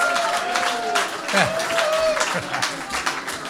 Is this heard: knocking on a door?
no